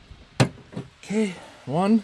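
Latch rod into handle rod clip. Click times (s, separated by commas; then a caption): 0.4 s. A latch rod on a 2001 Toyota Tundra tailgate handle snaps into its plastic retaining clip on the handle with a sharp click at 0.4 s, followed by a softer tap near 0.8 s. Someone then talks, and the rod is seated in the clip.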